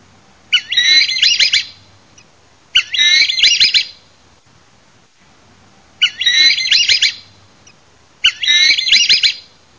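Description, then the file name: Tropical kingbird calling: four bursts of sputtering, high twittering notes, each about a second long, separated by pauses. "SIRIRI"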